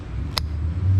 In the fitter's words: and then it plugs into here and you should hear it click